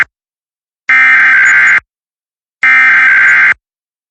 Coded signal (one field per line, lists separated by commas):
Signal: Emergency Alert System (SAME) tones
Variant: header bursts